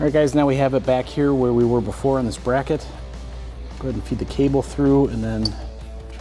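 During the rear install of a Teraflex 2.50-inch base suspension lift on a Jeep Wrangler JL, the brake cable is routed and pushed toward its mounting bracket on the axle while someone talks over background music. Nothing has seated or clicked into the bracket yet.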